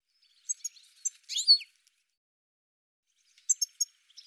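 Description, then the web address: Bird calls: a cluster of thin high ticks leading into a loud chirpy burst, then quiet, then more short ticking notes near the end. "cianscape birddata"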